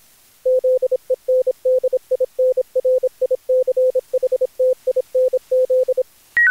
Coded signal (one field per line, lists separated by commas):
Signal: Morse code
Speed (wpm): 27 wpm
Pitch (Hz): 510 Hz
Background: none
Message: ZEND INRICHTINZ